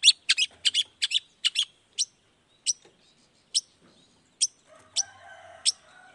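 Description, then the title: Long-tailed shrike giving harsh, high, down-slurred notes, first in a quick burst of about ten, then spaced singly, with a softer warbled phrase near the end. Long-tailed shrike singing in the morning with varied 'toet toet' notes, played to provoke other shrikes into responding quickly. "Cendet Gacor Dor Di Kala Pagi Toet Toet Variasi Suara. Cendet Gacor Langsung Nyaut Emosi Hanya dengan Sekali Putar Bikin Cendet Lainya Cepat Respon Bunyi"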